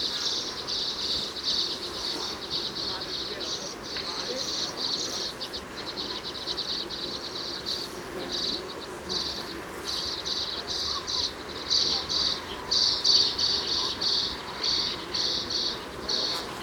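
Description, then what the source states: Common redpoll giving rapid, dry, chattering high trills in bursts running almost continuously, over a steady broad rushing background noise. Recorded at Alpspitze, Grainau, on 13 July 2013.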